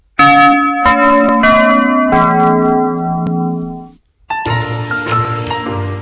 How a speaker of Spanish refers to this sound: Por favor, campanas.